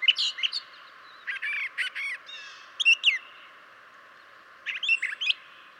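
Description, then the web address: Brown Thrasher song: short harsh and whistled phrases with pauses between groups. "birdsongforthecurious Brown Thrasher"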